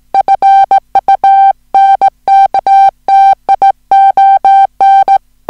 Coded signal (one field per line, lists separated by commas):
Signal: Morse code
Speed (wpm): 17 wpm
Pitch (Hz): 780 Hz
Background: music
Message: FUNKTION